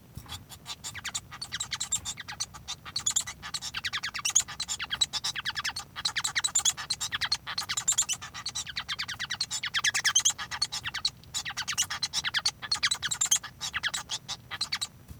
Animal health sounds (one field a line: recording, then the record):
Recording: song of a male Bengalese finch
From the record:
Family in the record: son of father 1